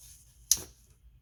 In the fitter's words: the open snap a good walk and talk as they say for these slip joint